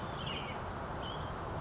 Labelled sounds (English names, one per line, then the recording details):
American Robin
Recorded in Sonoma County, California